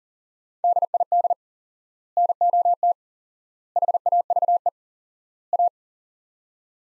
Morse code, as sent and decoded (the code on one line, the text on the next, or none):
-.. .. -.. / -. --- - / .... .- ...- . / .-
DID NOT HAVE A